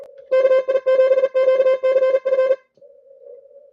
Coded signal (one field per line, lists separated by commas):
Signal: Morse code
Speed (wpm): 38 wpm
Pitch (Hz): 1550 Hz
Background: music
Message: KI7QCF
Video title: ARRL Inter. DX Contest, CW